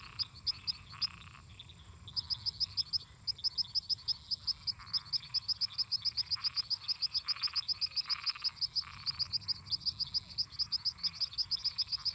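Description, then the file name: Cricket song of rapid, evenly spaced high chirps running almost nonstop, with a dense background trilling chorus of frogs and toads. Crickets singing constantly together with toads and frogs. "Grilos cantando constantemente em conjunto com sapos e ras"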